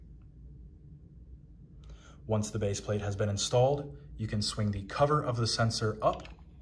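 Someone talks while handling the plastic cover of a Brinks Home glassbreak sensor (Qolsys QS1431-840), about to swing it up onto its base plate, which is screwed to the wall. Nothing has seated or clicked into place yet.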